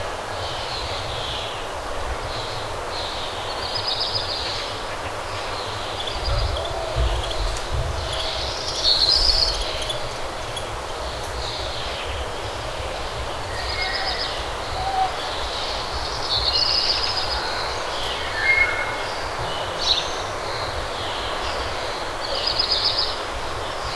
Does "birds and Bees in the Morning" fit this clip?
yes